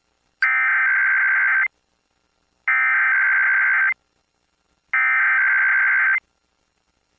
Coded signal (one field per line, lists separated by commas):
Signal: Emergency Alert System (SAME) tones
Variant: header bursts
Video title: Pacific IPAWS Weekly EAS Test (10/16/23) (EAS #1,156-1,157)